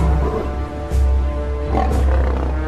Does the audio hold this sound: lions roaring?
yes